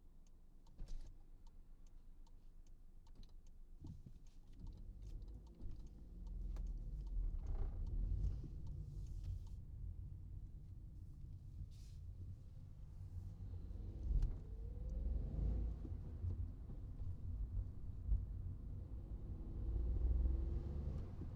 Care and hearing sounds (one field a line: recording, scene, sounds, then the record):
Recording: everyday scene through a hearing-aid microphone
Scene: in a vehicle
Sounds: engine, traffic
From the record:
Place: Skoda Fabia, gasoline engine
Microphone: in the ear canal, right